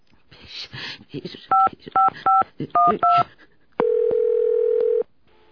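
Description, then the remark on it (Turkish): A telephone number is punched in as five quick touch-tone beeps in an uneven rhythm, followed by a long, steady, loud tone lasting about a second, over faint murmuring noise at the start. “Ama sabah bekleyemem, hemen arayacağım.”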